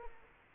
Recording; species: mosquito wingbeat signal from an infrared sensor; Culex quinquefasciatus